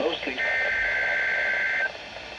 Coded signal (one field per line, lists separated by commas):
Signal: Emergency Alert System (SAME) tones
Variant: header bursts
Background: speech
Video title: (EAS #20) Required Weekly Test (WR-300 failed)